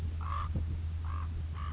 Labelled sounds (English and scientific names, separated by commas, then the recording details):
Common Raven (Corvus corax)
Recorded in Sonoma County, California